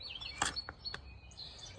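The side buttons on a Ryobi string trimmer head are pressed during a string replacement, and the plastic spool cap pops off with a sharp snap at 0.4 s, releasing it. Two fainter clicks follow at about 0.7 s and 0.9 s over outdoor background noise with bird chirps.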